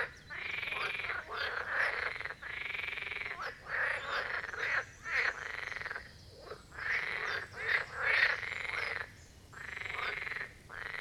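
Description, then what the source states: Marsh frogs in full chorus, dense overlapping rattling croaks. Chorus of marsh frogs at the Birkensee in Schönbuch, Germany, recorded on one of the first hot summer days of 2023.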